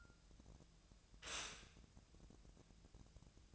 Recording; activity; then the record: daily activity, microphone in the room; stop toaster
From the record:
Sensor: 2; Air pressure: 1000.1 hPa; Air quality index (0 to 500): 152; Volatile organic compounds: 2 ppm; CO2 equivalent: 1281 ppm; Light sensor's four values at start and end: 25/62/26/28 and 25/62/26/28